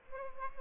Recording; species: mosquito wingbeat signal from an infrared sensor; Aedes albopictus